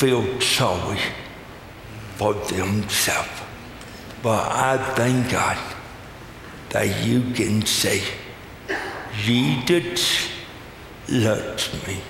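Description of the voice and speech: An adult man with a low-pitched voice speaks in short, effortful phrases broken by pauses of about a second, with stretched vowels and blurred consonants; "Jesus loves me" comes out distorted. This is dysarthric speech from cerebral palsy he was born with, which impairs muscle control for speaking.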